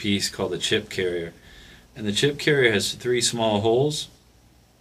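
Someone talks while handling a ceramic chip carrier, which holds a silicon probe chip and has three small locating holes, meant to snap into a microscope probe cartridge. The speech runs from about 0.0 to 1.3 seconds, pauses briefly, then continues from about 1.9 to 4.0 seconds before going quiet. Nothing has seated or clicked yet.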